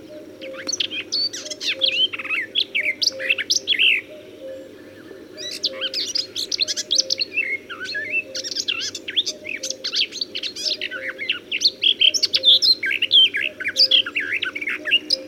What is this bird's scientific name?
Sylvia borin